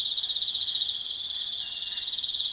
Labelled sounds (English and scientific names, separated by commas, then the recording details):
none
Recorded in pastures near Puerto Asís, Putumayo, Colombia, on 22 June 2025 at 21:00
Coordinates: 0.502, -76.324
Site G010